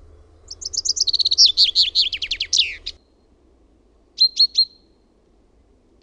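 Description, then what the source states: Common chaffinch song: a cascade of high notes dropping in pitch to a flourish, then a brief pause and a few more short sharp notes. Recorded in Finland.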